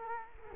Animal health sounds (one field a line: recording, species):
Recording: mosquito wingbeat signal from an infrared sensor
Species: Culex quinquefasciatus